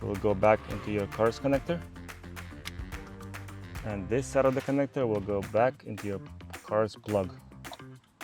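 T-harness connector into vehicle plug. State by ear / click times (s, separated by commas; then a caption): not seated / none. A T-harness connector for a remote engine starter is handled next to the plug of a 2020-2025 Hyundai Venue while someone talks over background music, and there are a few faint handling ticks. The clip ends just before the connector goes into the car's plug, so nothing has seated or clicked yet.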